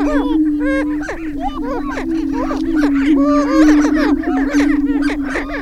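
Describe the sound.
Greater prairie-chicken sounds: steady low droning boom beneath many sharp cackles and rising whoops repeated several times a second, crowded and overlapping throughout.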